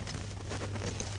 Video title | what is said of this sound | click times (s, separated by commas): houssem pc fr | et je presse fortement jusqu'à ce qu'elle soit bien clipsée. | 0.8 s, 1.0 s